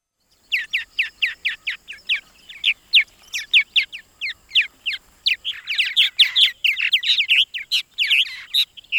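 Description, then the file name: Purple martin calls, a steady series of short rich chirps, becoming denser and overlapping in the second half. "Purple Martin Lang Elliott"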